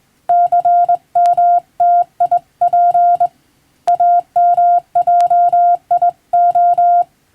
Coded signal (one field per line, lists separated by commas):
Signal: Morse code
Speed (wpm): 20 wpm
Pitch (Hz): 700 Hz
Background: none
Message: CMTIP AMJIO